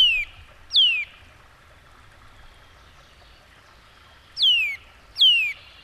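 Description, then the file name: Eurasian nuthatch whistles, each a sharp downward-sliding note, heard as two spaced pairs of calls above faint running-water-like hiss. "csuszka"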